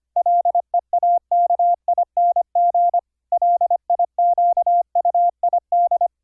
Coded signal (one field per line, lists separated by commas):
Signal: Morse code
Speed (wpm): 26 wpm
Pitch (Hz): 700 Hz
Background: none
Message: LEAKING LIQUID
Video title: Morse Code QSO over the internet - software setup - config 22 - KXstudio(pt 2)